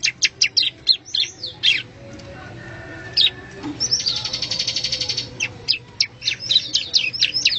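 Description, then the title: Bar-winged prinia song: rapid high chirps, then a long buzzy trill of fast pulses, followed by more quick varied chirping notes. "Suara Burung Ciblek"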